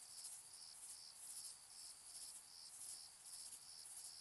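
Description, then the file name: Crickets chirping in high, shrill pulses repeated about two or three times a second, over a steady high hiss of many insects. Distant crickets in summer fields during evening and night; shrill, high-frequency, flat night ambience. "summer-in-the-fields-evening-night-004-distant-crickets-shrill-high-frequencies-flat-night"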